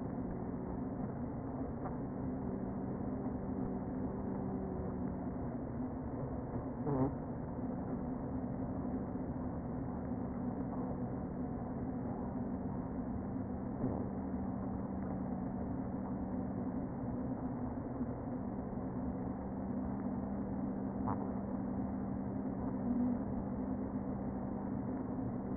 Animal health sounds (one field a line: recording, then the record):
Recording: honeybee colony, microphone inside the hive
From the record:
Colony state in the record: queen present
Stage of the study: before two queens were removed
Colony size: about 60,000 bees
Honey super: yes